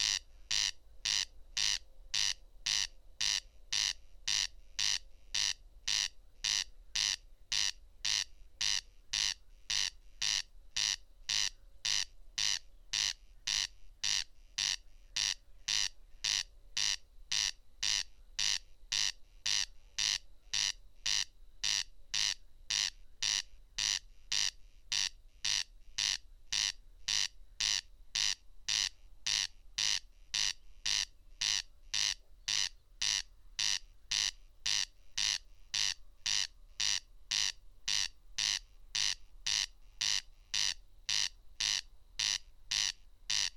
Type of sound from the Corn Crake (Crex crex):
song